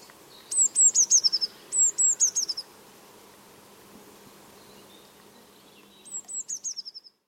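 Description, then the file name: Eurasian blue tit giving two quick bursts of high, thin notes sliding downward, a pause of several seconds, then another falling burst, with faint background hum. "Cyanistes caeruleus"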